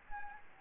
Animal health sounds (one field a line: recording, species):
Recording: mosquito wingbeat signal from an infrared sensor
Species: Anopheles gambiae